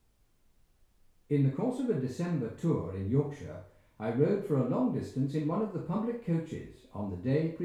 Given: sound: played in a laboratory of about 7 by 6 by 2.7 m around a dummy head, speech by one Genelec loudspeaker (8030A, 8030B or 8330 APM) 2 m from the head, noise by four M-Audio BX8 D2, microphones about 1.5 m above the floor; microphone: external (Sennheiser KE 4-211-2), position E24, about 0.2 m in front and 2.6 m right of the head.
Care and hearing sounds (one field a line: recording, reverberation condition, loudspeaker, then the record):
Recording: male speech in English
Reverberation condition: medium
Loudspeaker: 90 degrees to the right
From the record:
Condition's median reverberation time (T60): about 510 ms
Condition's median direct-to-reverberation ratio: about -0.5 dB